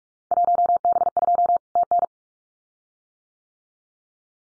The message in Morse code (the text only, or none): 1B2 TN